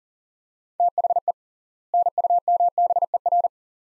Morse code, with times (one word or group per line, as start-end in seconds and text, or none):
0.8-1.3 THE
1.9-3.5 NUMBER